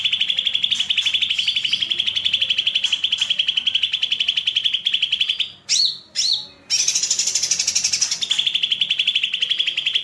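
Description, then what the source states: Streaked spiderhunter song: a long, rapid run of sharp, repeated chips near one pitch, briefly broken by a few rising notes before resuming steadily. Master recording for training caged birds; long, clear, vigorous song.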